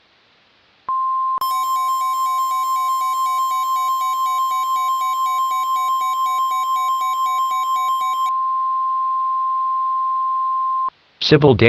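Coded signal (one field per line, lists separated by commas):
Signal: Emergency Alert System (SAME) tones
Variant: 1050 Hz attention tone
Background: speech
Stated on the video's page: Mock EAS scenario with valid tones capable of triggering real activations.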